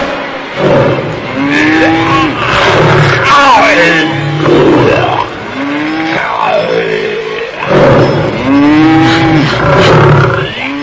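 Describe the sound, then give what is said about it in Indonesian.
A young bull bellows loudly and repeatedly in long, rising and falling groans as an old lion attacks it, mixed with rough growling roars as the struggle continues, dense and almost without pause. “Lalu pada kesempatan yang tepat, dia menerkam banteng muda dengan seluruh tenaga yang tersisa.”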